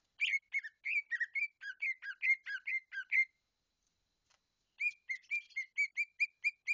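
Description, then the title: Leafbird song: rapid run of clear whistled notes near mid-high pitch with rich overtones, a three-second phrase, a pause, then another quick phrase. "CUCAK IJO"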